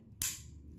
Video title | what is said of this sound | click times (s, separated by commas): PREMIUM ANG DESIGN NETONG BAGO NATING PELLET G | Pag narinig nyo yung click sound na to, | 0.2 s